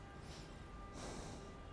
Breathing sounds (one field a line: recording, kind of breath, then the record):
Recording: one breath in and out by a microphone near the nose and mouth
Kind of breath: normal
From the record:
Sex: male